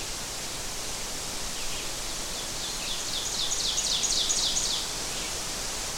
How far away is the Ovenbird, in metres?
about 30 m